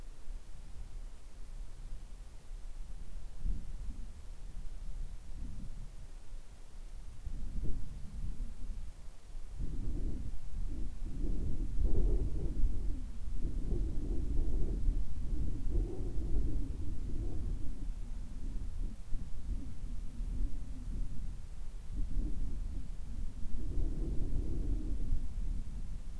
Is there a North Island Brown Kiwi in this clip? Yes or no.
no